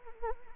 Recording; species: mosquito wingbeat signal from an infrared sensor; Anopheles arabiensis